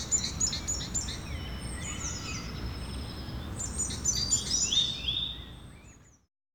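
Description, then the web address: Birds twittering and whistling in overlapping high phrases, busier toward the end before the sound fades out to silence. Birds recorded in the evening. "Effects 02-Birds, Insects Animals. Birds evening"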